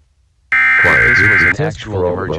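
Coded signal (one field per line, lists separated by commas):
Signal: Emergency Alert System (SAME) tones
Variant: header bursts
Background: speech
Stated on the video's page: Monday tests and IPAWS alerts.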